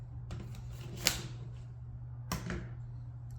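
A plastic floor power head is pushed onto the lower end of the metal wand of a Prolux RS7 Pet stick vacuum until it locks. A sharp latch click sounds at 1.1 s, followed later by a couple of softer knocks over a steady low hum. The power head is seated on the wand.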